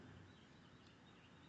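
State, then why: Not seated. A throttle cable end is fed through and lined up with the throttle barrel on the carburetor of a Troy-Bilt TB25BP backpack blower during a carburetor repair. Only a steady, broadband background noise is heard, with no distinct impacts. Nothing has seated or clicked yet.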